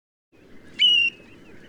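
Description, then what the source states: Bird call, a single clear whistled note held for about a third of a second, preceded by a brief sharp onset. Calls given while taking off and flying away.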